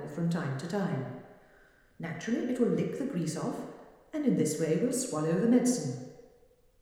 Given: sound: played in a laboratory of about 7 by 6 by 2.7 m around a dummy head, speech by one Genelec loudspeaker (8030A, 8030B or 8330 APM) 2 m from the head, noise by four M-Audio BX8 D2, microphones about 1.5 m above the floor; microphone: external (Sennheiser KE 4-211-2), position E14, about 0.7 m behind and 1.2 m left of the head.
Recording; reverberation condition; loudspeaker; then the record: female speech in English; high; 150 degrees to the left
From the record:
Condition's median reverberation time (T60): about 1300 ms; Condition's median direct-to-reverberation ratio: about -4.0 dB